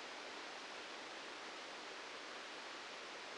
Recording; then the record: brain microelectrode recording played as sound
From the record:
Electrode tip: outside the subthalamic nucleus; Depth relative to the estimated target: -4 mm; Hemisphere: left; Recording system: NeuroSet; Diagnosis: Parkinson's disease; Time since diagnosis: 13 years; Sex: male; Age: 65 years